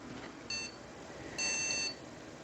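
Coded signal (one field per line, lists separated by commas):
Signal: beep code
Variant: PC motherboard POST beeps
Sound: a short high electronic beep, a pause, then one longer beep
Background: quiet room hum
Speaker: So we got a beep and some weird beeps behind it. That's it. Like one beep and then a couple beeps behind it.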